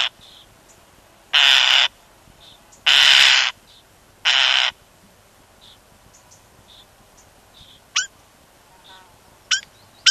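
European starling giving three harsh, rasping buzzes in the first five seconds, followed by a few sharp, thin clicking notes.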